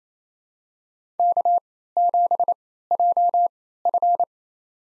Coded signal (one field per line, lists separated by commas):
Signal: Morse code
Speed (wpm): 28 wpm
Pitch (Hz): 700 Hz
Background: none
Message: K7JF